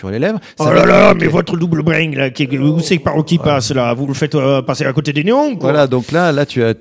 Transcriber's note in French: imite un accent incompréhensible